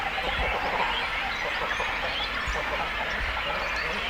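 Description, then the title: Cormorant colony sounds, a steady wash of croaking and gabbling calls from many birds, with occasional sharper notes above the din. Breeding colony of cormorants with chicks, at Zemitz, Germany. "Zemitz, Deutschland - Kormorane brüten (mit Jungvögeln). breeding cormorants (with children)"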